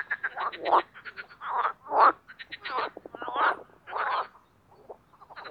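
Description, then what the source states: Marsh frogs croaking in bursts, rapid pulsed rattling calls and laughing trills separated by short pauses, several frogs overlapping. Spring mating chorus in an artificial pond created for water activities at Parc Chédeville, Oise; after a cold night.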